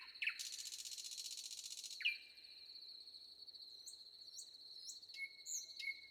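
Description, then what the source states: Common nightingale song: a dense buzzy burst, then a sharp note and scattered high whistles, over a steady insect trill. Recorded with wind and crickets.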